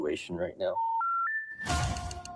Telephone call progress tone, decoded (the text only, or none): special information tone